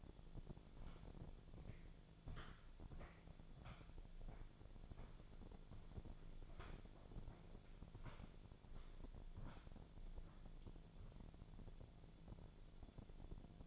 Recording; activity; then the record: daily activity, microphone in the room; walk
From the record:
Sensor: 5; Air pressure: 1008.3 hPa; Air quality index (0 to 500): 151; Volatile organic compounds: 3 ppm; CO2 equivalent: 1458 ppm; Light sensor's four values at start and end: 65/180/71/72 and 65/180/71/72